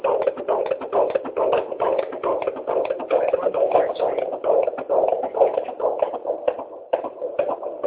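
Fast, rhythmic whooshing pulses at about 133 a minute: a fetal heartbeat at 21 weeks of pregnancy.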